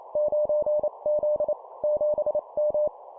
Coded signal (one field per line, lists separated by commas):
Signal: Morse code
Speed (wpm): 28 wpm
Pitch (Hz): 600 Hz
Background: none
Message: 9Z 7M